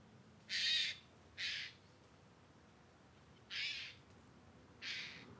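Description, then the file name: Eurasian jay giving four harsh, rasping screeches, two close together near the start and two more after a pause, over a quiet background. "Garrulus glandarius"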